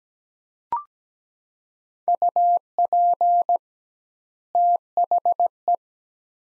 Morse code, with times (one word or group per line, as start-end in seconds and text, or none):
2.1-3.6 UP
4.5-5.8 THE